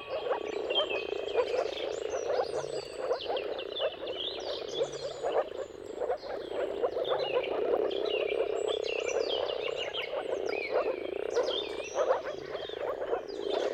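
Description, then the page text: Moor frog chorus, a dense continuous bubbling of many overlapping low calls, with a steady layer of birdsong chirps and whistles over it. Many moor frogs in a mating chorus at sunrise, at the turn of March and April depending on the weather. "Jakub-Orzecki moor frogs. Depending on the weather at the turn of March and April, you can witness an amazing spectacle of moor frogs"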